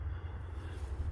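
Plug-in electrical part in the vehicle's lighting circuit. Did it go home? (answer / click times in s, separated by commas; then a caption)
no / none. A plug-in electrical part in the lighting circuit wiring of a Tahoe with parking lights that are out is handled; it is a part that doesn't belong there. Only a steady low rumble is heard, with no sharp sounds. Nothing has seated or clicked yet.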